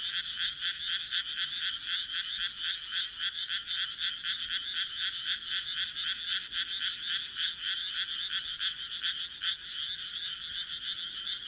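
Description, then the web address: Chorus of frogs with rapid pulsed croaking, continuing without pause across the whole stretch. "kaeru kaeru"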